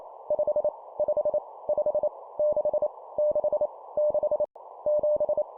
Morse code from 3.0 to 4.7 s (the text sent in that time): 6 6